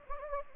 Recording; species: mosquito wingbeat signal from an infrared sensor; Anopheles gambiae